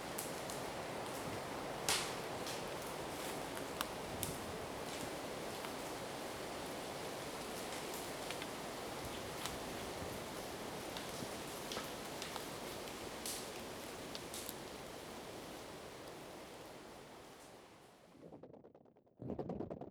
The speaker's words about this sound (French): La pluie qui tombe sur l'eau. Goulou, goulou, goulou.